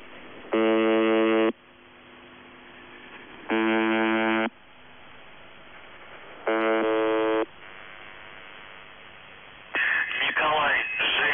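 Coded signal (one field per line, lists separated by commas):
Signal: numbers station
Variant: UVB-76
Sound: three harsh one-second buzzes about three seconds apart, then a different rough sound begins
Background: radio static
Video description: Callsign: NZhTI (НЖТИ) Message text: 98 774 SKAZANIYe (СКАЗАНИЕ) 29 59 52 64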